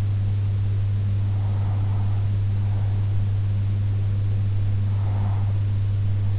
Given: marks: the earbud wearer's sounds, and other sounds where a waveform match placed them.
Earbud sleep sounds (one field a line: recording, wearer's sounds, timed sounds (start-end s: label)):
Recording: sounds in sleep by an in-ear microphone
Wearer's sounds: breath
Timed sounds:
1.40-3.40 s: breath
4.40-6.39 s: breath